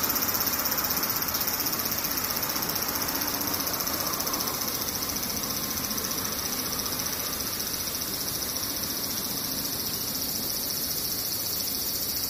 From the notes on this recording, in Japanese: セミ